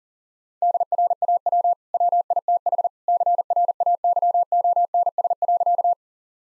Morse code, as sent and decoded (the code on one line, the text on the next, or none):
-.. .-. .- .-- / .-- .. - .... / -.-. .-. .- -.-- --- -. ... .-.-.-
DRAW WITH CRAYONS.